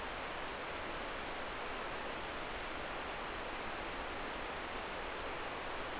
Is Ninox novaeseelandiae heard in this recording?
no